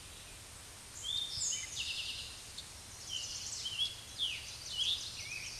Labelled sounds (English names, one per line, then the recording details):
Eastern Towhee song
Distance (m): 25 m
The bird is about 5 m above the microphone
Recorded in a Pennsylvania forest on 16 May 2024 at 06:36
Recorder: AudioMoth, point MSD-0627
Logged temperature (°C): 14.8 °C
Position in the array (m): 90 m, 15 m